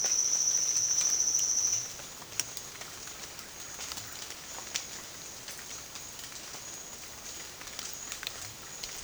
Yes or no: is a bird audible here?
no